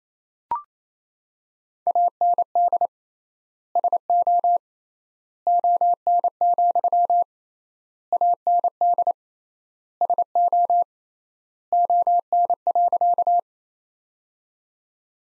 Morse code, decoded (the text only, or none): AND SO ON, AND SO ON.